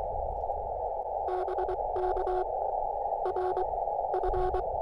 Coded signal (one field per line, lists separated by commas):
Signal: Morse code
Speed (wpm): 23 wpm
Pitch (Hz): 370 Hz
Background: none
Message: BK R F